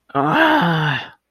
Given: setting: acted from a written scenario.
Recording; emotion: vocal sound without words; pain